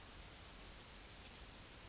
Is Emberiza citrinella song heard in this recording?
no